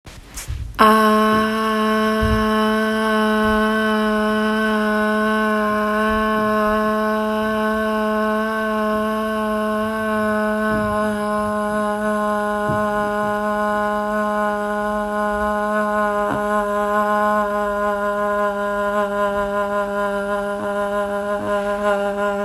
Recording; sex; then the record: sustained vowel /a/; female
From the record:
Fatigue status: no fatigue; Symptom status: asymptomatic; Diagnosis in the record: COVID-19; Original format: m4a